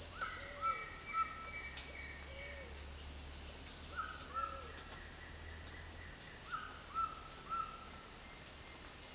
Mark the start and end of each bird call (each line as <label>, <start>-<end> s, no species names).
bird call, 0.00-9.15 s